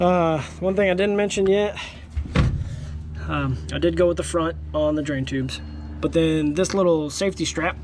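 Someone talks over a steady low hum while handling the safety strap of a Rough Country tri-fold hard tonneau cover, on the bed of a 2019–2024 Silverado with a 6'7" bed, to clip it into the slot on the truck bed rail. A brief broadband noise is heard around 2.3 seconds. Nothing has clicked or seated yet by the end of the clip.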